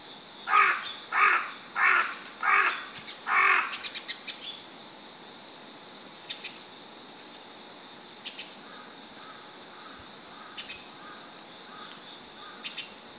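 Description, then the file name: Carrion crow giving five harsh, loud caws about once every 0.7 seconds over a steady high drone, followed by a few faint, short notes. "Corvus corone"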